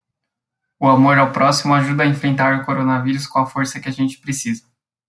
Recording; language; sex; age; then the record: spoken sentence; Brazilian Portuguese; male; 20 to 29 years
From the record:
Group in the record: control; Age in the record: 26 years